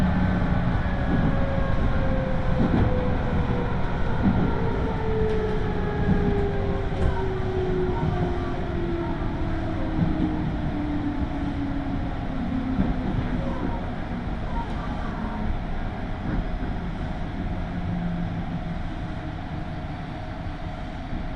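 A local train on the Tokaido Main Line runs from Toyohashi toward Nishi-Okazaki with a steady, dense low rumble throughout. Motor whine tones glide slowly downward as the train slows, with scattered clicks and knocks, and the noise eases slightly toward the end.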